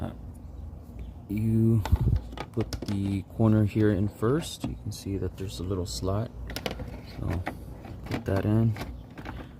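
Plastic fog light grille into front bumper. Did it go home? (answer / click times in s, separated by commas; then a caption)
no / none. On a 2004 Audi A4, the corner of a plastic fog light grille is fitted into its slot in the front bumper and pressed one-handed while someone talks, with a few faint plastic taps and rustles. The grille has not clicked into place yet.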